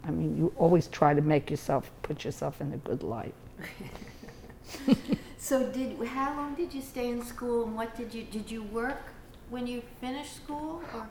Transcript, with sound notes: I mean, you always try to put make yourself, put yourself in a good light. (they laugh)
So how long did you stay in school and what did you, did you work when you finished school?